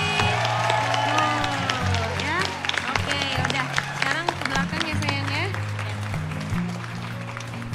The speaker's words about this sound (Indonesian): Ya, tolong tepuk tangan dong buat dia lagi.